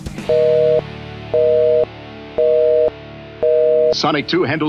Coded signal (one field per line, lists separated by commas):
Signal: telephone call progress tone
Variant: North America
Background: speech, music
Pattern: busy tone